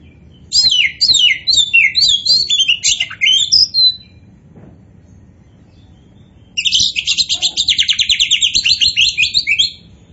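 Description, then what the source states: Oriental magpie-robin producing a repeated high chirping phrase, then after a pause a long rapid rattling trill of buzzy notes. Kacer poci form; described as gacor, an Indonesian term for a bird singing actively and constantly.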